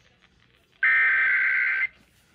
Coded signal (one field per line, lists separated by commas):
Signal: Emergency Alert System (SAME) tones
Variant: header bursts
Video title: KKLQ Double Weekly (EAS #11845-11846) 7/7/23